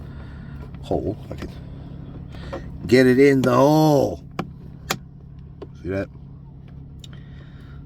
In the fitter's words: See that? Locks into place.